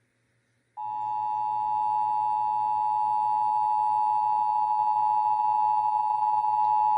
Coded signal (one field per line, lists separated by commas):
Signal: Emergency Alert System (SAME) tones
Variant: 853 and 960 Hz attention tone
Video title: (EAS #801-809) March 2025 Texas Required Monthly Test